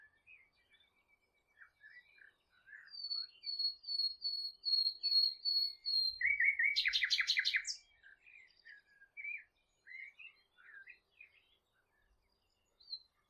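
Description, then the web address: Bird song with a series of thin, high whistled notes repeated about twice a second, then a brief harsh rattling burst, followed by scattered soft chirps. "Bird Only"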